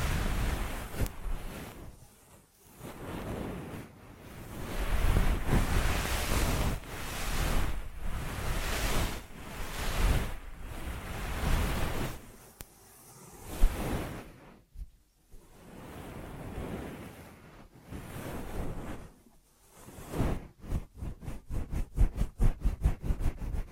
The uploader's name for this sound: Ear Massage Triggers